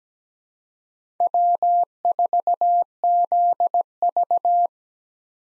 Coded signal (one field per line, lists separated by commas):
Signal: Morse code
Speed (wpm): 17 wpm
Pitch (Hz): 700 Hz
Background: none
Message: W4ZV